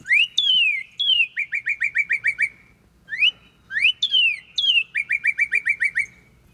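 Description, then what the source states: Northern Cardinal song: two phrases, each a few loud slurred whistles followed by a rapid run of several short slurred notes, with a brief pause between them. Main song of a cardinal, an annotated recording used to train the Merlin machine learning model.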